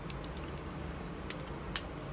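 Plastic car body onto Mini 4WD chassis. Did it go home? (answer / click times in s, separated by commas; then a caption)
yes / 1.8 s. A plastic car body on a Mini 4WD Hawk Racer (item 18087) is pressed back down onto its chassis after being repositioned, because it had protruded slightly and would not lock the first time. A few faint ticks of plastic handling at about 0.1, 0.4 and 1.3 seconds lead to a sharp snap at 1.8 seconds. The body is then seated on the chassis.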